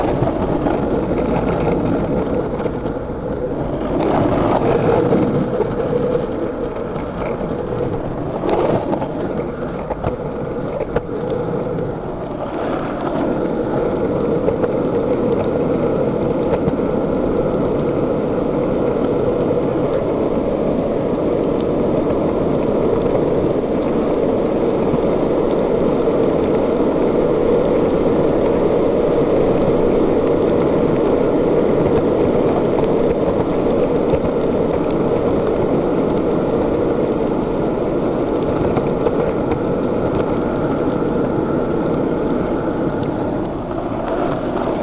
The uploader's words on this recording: We skate along the city's streets, sidewalks, and a bike path that runs alongside train tracks and crosses a river. Skating Under a Bridge.